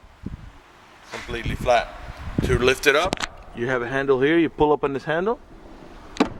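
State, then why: Seated. Someone talks while pulling the handle on the folded third-row split seat back of a 2011 Buick Enclave CXL and raising it upright. The seat back latches into its upright seat latch with one sharp knock at 6.2 s, locking into place.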